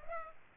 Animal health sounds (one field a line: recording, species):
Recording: mosquito wingbeat signal from an infrared sensor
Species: Culex pipiens